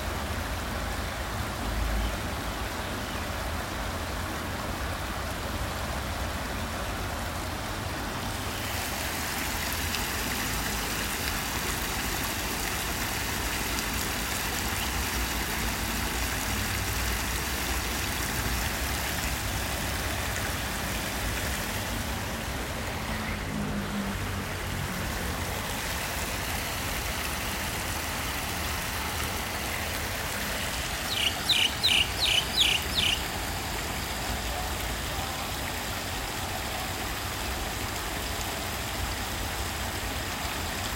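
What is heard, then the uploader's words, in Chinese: Water flows out of a culvert in a steady, dense rush, with a deep low rumble underneath a constant hiss. The sound stays even throughout, with a brief dip near the middle and a short burst of bright rattling clicks around 31 to 33 seconds. 竹圍捷運站旁自行車道。跨過捷運站獨自一人走向碼頭，正巧遇上退潮。涵洞出口流水聲。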